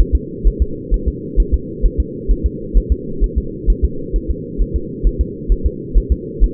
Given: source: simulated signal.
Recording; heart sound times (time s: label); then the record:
fetal heart sounds
0.00 s: S1
0.15 s: S2
0.47 s: S1
0.62 s: S2
0.94 s: S1
1.08 s: S2
1.40 s: S1
1.54 s: S2
1.85 s: S1
2.00 s: S2
2.31 s: S1
2.46 s: S2
2.78 s: S1
2.92 s: S2
3.24 s: S1
3.38 s: S2
3.70 s: S1
3.85 s: S2
4.16 s: S1
4.31 s: S2
4.62 s: S1
4.76 s: S2
5.07 s: S1
5.21 s: S2
5.52 s: S1
5.66 s: S2
5.97 s: S1
6.12 s: S2
6.44 s: S1
From the record:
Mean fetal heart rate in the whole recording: 130 bpm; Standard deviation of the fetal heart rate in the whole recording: 2 bpm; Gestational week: 36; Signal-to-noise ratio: -4.3 dB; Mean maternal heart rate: 72 bpm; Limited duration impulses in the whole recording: absent